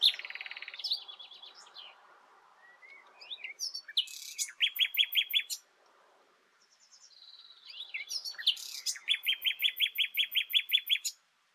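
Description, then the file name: Common nightingale singing two phrases, each opening with soft slurred whistles and building into a fast, rhythmic series of loud, clipped repeated notes. "Luscinia megarhynchos"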